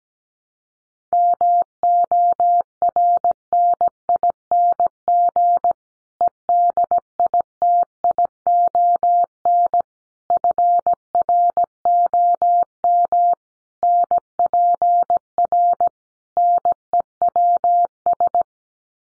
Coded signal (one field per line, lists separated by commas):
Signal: Morse code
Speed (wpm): 17 wpm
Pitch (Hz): 700 Hz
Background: none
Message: MORNING EDITION FROM NPR NEWS